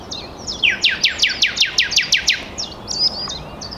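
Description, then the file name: Common nightingale song: a fast series of about ten loud descending strokes, opened and closed by thin high twittering notes, over faint background noise. "Luscinia megarhynchos"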